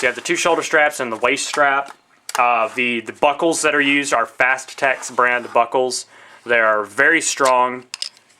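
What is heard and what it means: Someone talks throughout while handling a plastic Fastex side-release buckle on the strap of a Tactical Tailor Mini MAV (Modular Assault Vest) chest rig, with its one-and-a-half-inch shoulder straps and one-inch waist strap. The male end is being brought toward the female end, but nothing has seated or clicked yet when the clip ends.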